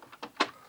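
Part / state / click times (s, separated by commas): mechanism part into record player turntable chassis / seated / 0.4 s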